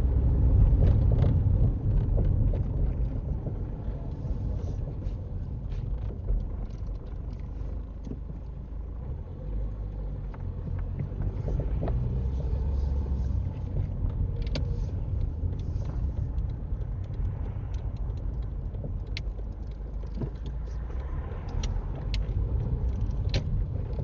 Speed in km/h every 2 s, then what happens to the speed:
27, 18, 3, 2, 6, 11, 15, 13, 8, 3, 11, 16.
0-5 brakes to 2. 7-12 pulls away to 15. 12-18 slows to 3. 18-24 speeds up to 16.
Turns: 7-11, 17-21.